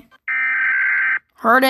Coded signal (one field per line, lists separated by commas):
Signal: Emergency Alert System (SAME) tones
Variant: header bursts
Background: speech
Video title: rating eas alarms part 2